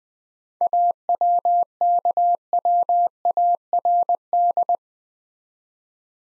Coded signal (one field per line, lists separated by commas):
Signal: Morse code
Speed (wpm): 20 wpm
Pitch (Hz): 700 Hz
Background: none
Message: AWKWARD